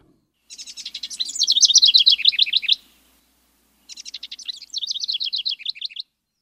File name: Birdnotes-Fairy Tern